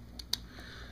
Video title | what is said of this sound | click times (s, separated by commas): Fischertechnik Basics Gear Tutorial | let me go ahead and hook this up snaps into place | 0.3 s